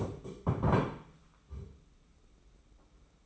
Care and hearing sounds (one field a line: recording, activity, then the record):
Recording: daily activity, microphone in the room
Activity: stand up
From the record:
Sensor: 1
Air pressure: 991.7 hPa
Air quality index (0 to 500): 151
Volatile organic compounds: 1000 ppm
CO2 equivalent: 5592 ppm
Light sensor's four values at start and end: 30/102/39/40 and 29/99/39/39